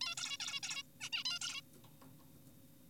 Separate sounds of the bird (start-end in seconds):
0.01-0.15, 0.17-0.37, 0.40-0.60, 0.63-0.83, 1.01-1.10, 1.13-1.23, 1.25-1.39, 1.41-1.61